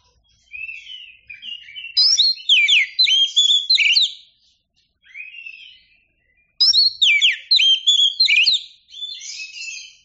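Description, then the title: Oriental magpie-robin song: bursts of varied, clear whistled notes mixed with sharp chirps, in two long phrases with a shorter one between them. Described as a champion singing bird. "Kicau Burung Kacer Juara"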